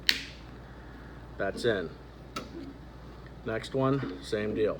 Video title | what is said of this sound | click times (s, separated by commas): Unboxing and overview of the IVUE RINCON point of view (POV) camera glasses. | this side first to get this bottom in then the top you'll hear it pop into place listen that's | 0.1 s